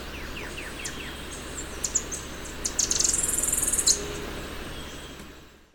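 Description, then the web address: Ashy-throated bush-tanager singing a high, sizzling buzzy trill of about a second, preceded by a few soft down-slurred notes and sparse high chips, with a faint low hum. Recorded in Ecuador. "Birds of Ecuador. Ashy-throated Bush-Tanager"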